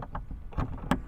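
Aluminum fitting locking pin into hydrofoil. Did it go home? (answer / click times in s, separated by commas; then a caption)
yes / 0.9 s. A large aluminum fitting sits in the center of a Skeeta foiling craft's hydrofoil while a small spring pin is pushed in. A few faint taps and rattles come before a sharp, bright click at 0.9 s as the pin locks into place, leaving the fitting seated.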